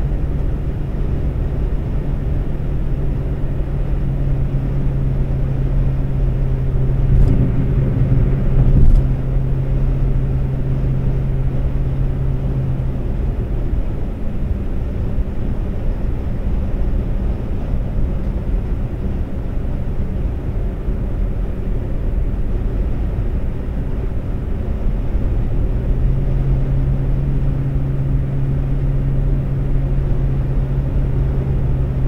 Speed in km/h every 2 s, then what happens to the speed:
132, 134, 134, 134, 132, 132, 134, 134, 134, 132, 132, 132, 130, 130, 132, 132.
0-32 steady at about 132.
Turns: none.